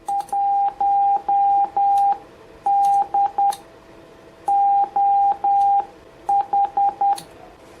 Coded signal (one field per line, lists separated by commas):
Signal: Morse code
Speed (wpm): 10 wpm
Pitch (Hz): 800 Hz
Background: radio noise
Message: 1D OH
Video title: Using the Yaesu FT-710 in the CW Mode - an overview...